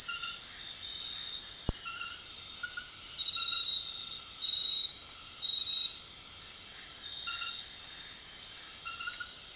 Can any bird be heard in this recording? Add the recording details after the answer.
no. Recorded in secondary vegetation near Puerto Asís, Putumayo, Colombia, on 12 March 2025 at 23:00. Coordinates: 0.499, -76.323. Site G094